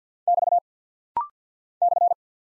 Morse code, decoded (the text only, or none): <BT> /